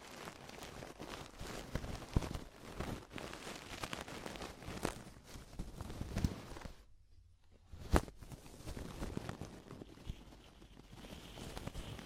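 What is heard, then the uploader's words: Deep ear cleaning, heard as dense, crackly scraping and rubbing with frequent sharp clicks and pops. The texture stays busy throughout except for a near-silent gap around seven seconds, broken by a loud snap near eight seconds before the rustling resumes. DEEP Ear Penetrating Cleaning.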